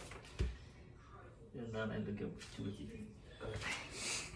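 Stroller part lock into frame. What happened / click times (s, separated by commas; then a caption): The lock is being handled but has not clicked into place yet / none. Someone handles the lock on a stroller part, working it toward the lock position in the frame while someone talks. A brief knock is heard at 0.4 s. Nothing has seated or clicked yet.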